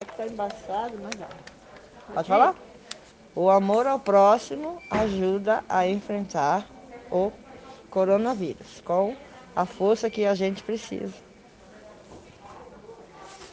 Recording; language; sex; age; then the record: spoken sentence; Brazilian Portuguese; female; 40 to 49 years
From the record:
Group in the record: respiratory insufficiency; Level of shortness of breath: 5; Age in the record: 47 years